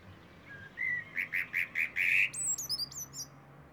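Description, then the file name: Common blackbird calls begin with a soft whistle, then a rapid series of loud, evenly spaced chinking notes, ending in thin, high squeaky twitters. "Turdus merula"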